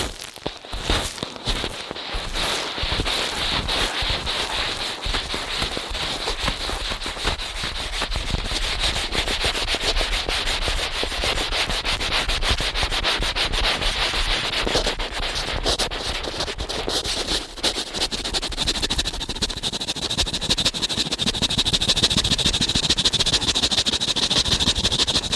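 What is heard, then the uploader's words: Rapid, dense ear-cleaning scratches and rubbing crackle without pause, bright and gritty, growing slightly louder and steadier after about twenty seconds. ASMR Ear Cleaning at Helicopter Speed.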